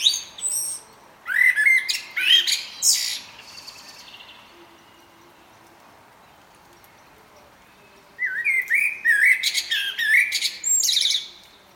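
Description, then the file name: Common blackbird giving harsh, squawky chattering bursts mixed with short tonal notes, some early and more after a quiet gap of several seconds. "Turdus merula"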